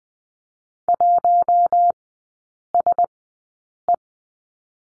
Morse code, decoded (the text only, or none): 1SE